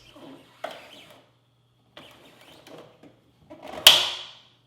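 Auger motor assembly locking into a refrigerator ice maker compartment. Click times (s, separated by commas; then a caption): 3.9 s. An auger motor assembly for a Samsung refrigerator ice maker (fan motor part DA31-00070E) is slid into the plastic ice maker compartment and pushed to the rear, with soft plastic scraping and rattling along the way. Its plastic locking tab snaps into place with a loud, sharp click at 3.9 s, and the assembly is seated.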